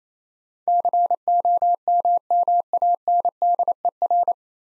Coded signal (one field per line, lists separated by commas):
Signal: Morse code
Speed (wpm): 28 wpm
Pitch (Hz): 700 Hz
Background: none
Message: COMMANDER